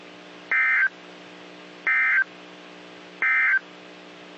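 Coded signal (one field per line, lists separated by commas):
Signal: Emergency Alert System (SAME) tones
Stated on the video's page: NOAA Weather Radio alerts for severe storms, Fort Worth transmitter.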